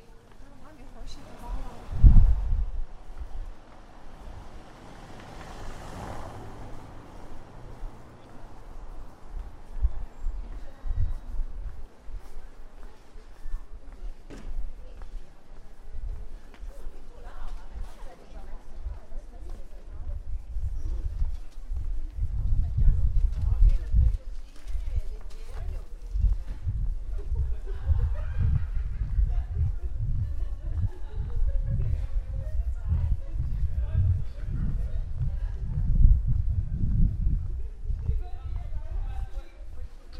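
A walk through Prague from the Castle toward Charles Bridge, with steady low rumble, scattered voices, a thump near two seconds, and occasional birds.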